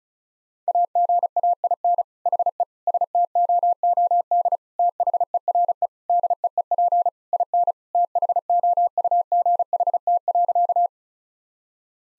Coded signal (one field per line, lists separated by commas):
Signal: Morse code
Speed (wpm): 36 wpm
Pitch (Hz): 700 Hz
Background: none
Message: AGAIN HE STOOD THERE DEEP IN THOUGHT.